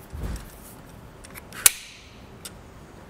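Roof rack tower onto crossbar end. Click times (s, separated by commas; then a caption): 1.7 s. A Thule SquareBar Evo roof rack tower for flush rails on a 2023 Chevrolet Tahoe is pushed fully onto the end of the aluminum crossbar, past the rubber seal, until it seats at the locking tab. After a low rumble and a few faint ticks, a sharp, bright click sounds at 1.7 s, followed by a softer tap at 2.5 s.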